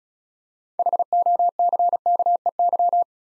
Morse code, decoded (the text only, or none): HOCKEY